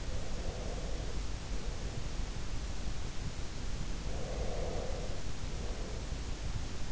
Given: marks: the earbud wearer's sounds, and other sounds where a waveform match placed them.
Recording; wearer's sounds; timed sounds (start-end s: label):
sounds in sleep by an in-ear microphone; breath
0.02-2.16 s: breath
3.98-6.52 s: breath